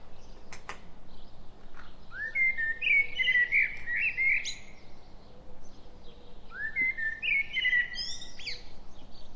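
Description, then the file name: Common blackbird song: two mellow fluted phrases, each a rising warble of whistled notes ending in a brief high squeaky flourish, with other small birds chirping faintly behind. "Turdus merula"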